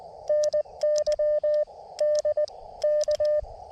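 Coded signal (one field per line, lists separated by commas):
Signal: Morse code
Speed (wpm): 19 wpm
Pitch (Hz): 600 Hz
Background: radio noise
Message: NY DK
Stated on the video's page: Early morning CW park activation with Elecraft KX2 and Gabil GRA-7350TC antenna; key sounds exaggerated loud by close camera.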